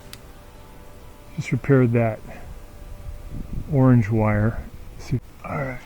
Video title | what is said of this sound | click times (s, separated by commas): ✨ GMC YUKON REAR WINDOW WIPER-REAR DEFROSTER—EASY FIX ✨ | Make sure it clicks. | 0.1 s